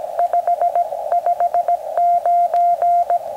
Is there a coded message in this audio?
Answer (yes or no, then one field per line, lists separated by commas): yes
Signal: Morse code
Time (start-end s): 0.2-3.2 s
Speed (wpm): 17 wpm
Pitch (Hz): 700 Hz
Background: radio noise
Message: 559